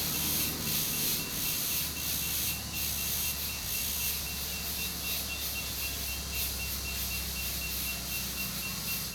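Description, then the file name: Cicadas produce a high pulsing buzz over a steady low engine rumble. Many cicadas recorded in the morning in a rural community, with a truck passing. "Muitas cigarras de manha em comunidade rural vozes longes caminhao passando"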